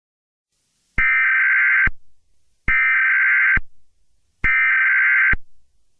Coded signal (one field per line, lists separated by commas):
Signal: Emergency Alert System (SAME) tones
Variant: header bursts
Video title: EAS Scenario: Inkling Invasion